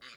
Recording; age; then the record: pig call; piglet (1 to 25 days)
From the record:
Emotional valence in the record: positive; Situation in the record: short reunion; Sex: male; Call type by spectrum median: high-frequency call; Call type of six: low-frequency tonal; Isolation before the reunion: 3 minutes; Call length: 0.17 s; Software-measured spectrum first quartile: 1734 Hz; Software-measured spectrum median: 2744 Hz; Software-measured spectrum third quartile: 4108 Hz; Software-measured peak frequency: 4678 Hz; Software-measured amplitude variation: 73 dB a second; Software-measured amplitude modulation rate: 15.1 a second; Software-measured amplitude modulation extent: 4.8 dB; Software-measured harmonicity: -2.2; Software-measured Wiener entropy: -0.89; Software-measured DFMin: 528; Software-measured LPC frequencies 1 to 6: 1328, 1976, 3048, 3798, 4650, 6885 Hz